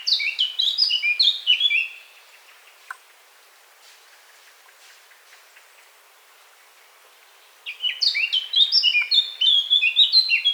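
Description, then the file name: Eurasian blackcap song, two bright, rapidly warbled phrases of mixed high notes, each about two to three seconds long, separated by a long quiet gap. "Sylvia atricapilla"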